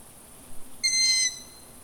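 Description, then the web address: Long-eared owl giving one drawn-out, high squeaky note lasting about half a second; otherwise quiet. Recorded on 29 July 2018. "fagelljud 20180729 hornuggla"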